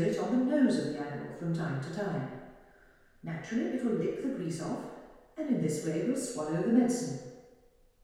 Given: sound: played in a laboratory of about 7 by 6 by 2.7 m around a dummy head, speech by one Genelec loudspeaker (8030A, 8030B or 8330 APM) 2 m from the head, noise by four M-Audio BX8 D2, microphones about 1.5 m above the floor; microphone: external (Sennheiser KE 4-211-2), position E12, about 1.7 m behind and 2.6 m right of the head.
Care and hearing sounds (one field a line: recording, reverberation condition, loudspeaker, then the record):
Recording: female speech in English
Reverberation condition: high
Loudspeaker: 90 degrees to the left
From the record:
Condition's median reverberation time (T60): about 1300 ms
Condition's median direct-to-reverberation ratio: about -4.0 dB